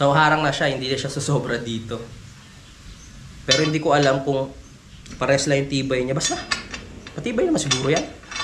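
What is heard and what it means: Someone talks while handling a locking piece on a kitchen rack or cabinet fixture, with soft handling noises between the speech. Nothing has seated or clicked yet by the end of the clip.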